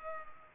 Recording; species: mosquito wingbeat signal from an infrared sensor; Culex pipiens